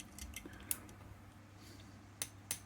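A screw is tightened into an aluminum trunnion block until the tool clicks, with sharp clicks at 0.7, 2.2 and 2.5 seconds. Fainter ticks come before the first click, and there is no talk. The screw is confirmed tightened to the click, which is the right torque.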